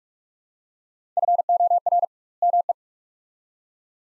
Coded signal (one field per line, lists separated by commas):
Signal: Morse code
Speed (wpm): 42 wpm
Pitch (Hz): 700 Hz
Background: none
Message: FOR ME